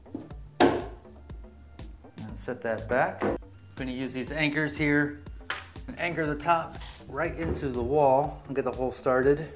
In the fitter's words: all right so I have the gas spring here that's I'm just going to pop into place and